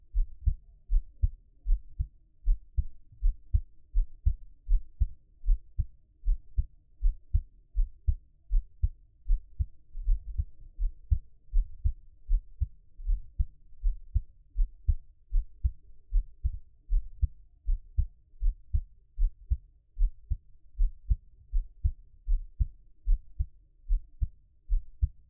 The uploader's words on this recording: 獻上我的心跳 | Give my Heartbeat | NO Talking.